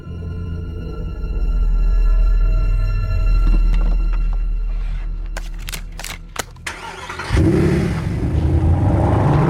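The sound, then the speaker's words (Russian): A car engine idles with a low, steady rumble, a few sharp clicks snap out, then the engine roars up loudly as a man gets into the car and drives off after someone. “Джон сел в машину и поехал за ним.”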